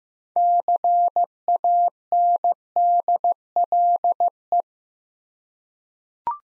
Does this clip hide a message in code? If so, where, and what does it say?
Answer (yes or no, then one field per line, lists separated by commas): yes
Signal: Morse code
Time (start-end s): 0.4-4.6 s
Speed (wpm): 15 wpm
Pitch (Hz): 700 Hz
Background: none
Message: CANDLE